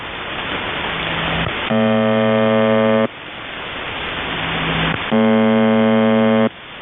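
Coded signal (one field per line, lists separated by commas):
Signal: channel marker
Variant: UVB-76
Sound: two harsh low buzzes, each about 1.4 seconds, with hiss between them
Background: radio static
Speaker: Um I'm going to play for you first a shortwave radio receiver stream here so you can see what's up.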